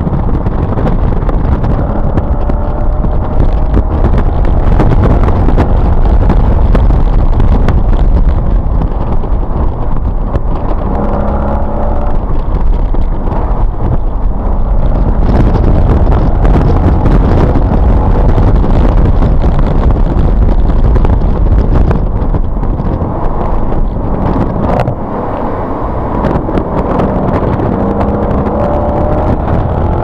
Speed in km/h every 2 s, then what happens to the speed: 90, 103, 119, 116, 93, 93, 85, 98, 121, 126, 103, 77, 61, 52, 69.
0-4 speeds up to 119. 5-13 brakes to 85. 13-18 speeds up to 126. 18-25 brakes to 52. 26-30 speeds up to 69.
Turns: 7-14, 22-30.